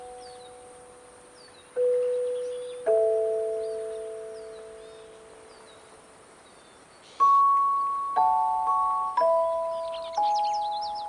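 At Patagonia Lake State Park in SE Arizona, wind chimes ring out in clear mid-pitched tones, struck about six times with each note lingering and fading slowly. Faint bird chirps and a thin high hiss continue behind them, with the chirping busier near the end.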